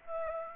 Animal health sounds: mosquito wingbeat signal from an infrared sensor; Aedes aegypti

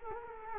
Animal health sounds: mosquito wingbeat signal from an infrared sensor; Culex quinquefasciatus

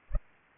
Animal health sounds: mosquito wingbeat signal from an infrared sensor; Culex pipiens

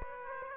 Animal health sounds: mosquito wingbeat signal from an infrared sensor; Aedes aegypti

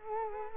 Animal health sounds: mosquito wingbeat signal from an infrared sensor; Culex quinquefasciatus

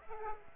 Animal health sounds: mosquito wingbeat signal from an infrared sensor; Aedes aegypti

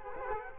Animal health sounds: mosquito wingbeat signal from an infrared sensor; Culex quinquefasciatus

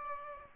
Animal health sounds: mosquito wingbeat signal from an infrared sensor; Aedes aegypti

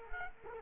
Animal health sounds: mosquito wingbeat signal from an infrared sensor; Culex quinquefasciatus

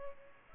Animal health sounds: mosquito wingbeat signal from an infrared sensor; Culex pipiens

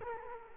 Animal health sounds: mosquito wingbeat signal from an infrared sensor; Culex quinquefasciatus

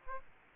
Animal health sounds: mosquito wingbeat signal from an infrared sensor; Aedes aegypti

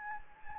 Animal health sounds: mosquito wingbeat signal from an infrared sensor; Anopheles gambiae

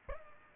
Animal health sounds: mosquito wingbeat signal from an infrared sensor; Aedes albopictus

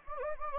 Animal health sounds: mosquito wingbeat signal from an infrared sensor; Anopheles gambiae

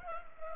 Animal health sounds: mosquito wingbeat signal from an infrared sensor; Culex pipiens

